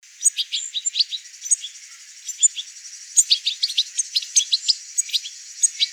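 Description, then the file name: European goldfinch twittering: quick, high, tinkling notes and short buzzy chips in lively clusters, with brief pauses between bursts. "Carduelis carduelis"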